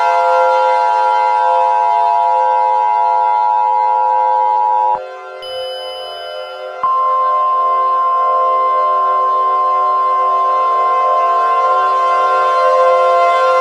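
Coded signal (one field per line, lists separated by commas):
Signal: Emergency Alert System (SAME) tones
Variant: 853 and 960 Hz attention tone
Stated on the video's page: Mock EAS tornado scenario for Fort Worth.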